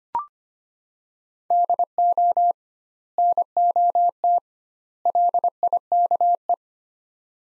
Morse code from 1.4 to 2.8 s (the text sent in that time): DO